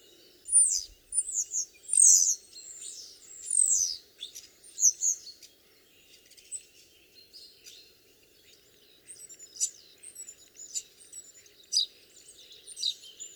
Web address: geluiden spreeuw zang